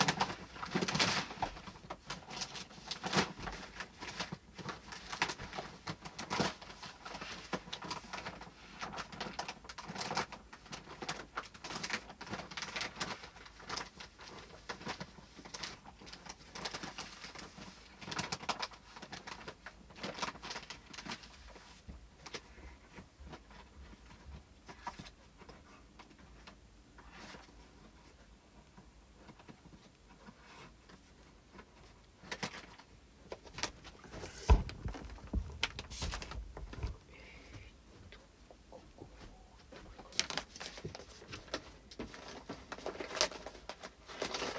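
Brown rice, fresh from hulling, is run through a sorter and picked over by hand for leftover husks and weed seeds. Grains patter and rattle in dense, uneven bursts, busiest over the first twenty seconds and sparser afterward, with a dull thump near thirty-five seconds.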